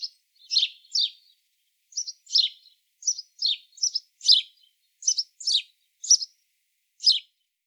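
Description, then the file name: House sparrow calls: brisk, slightly harsh cheeps delivered singly and in twos with short pauses between them, no other sounds heard. "Passer domesticus"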